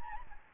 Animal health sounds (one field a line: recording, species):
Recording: mosquito wingbeat signal from an infrared sensor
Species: Aedes albopictus